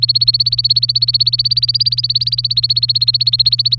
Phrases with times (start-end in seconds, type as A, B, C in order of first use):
0.00-3.78 A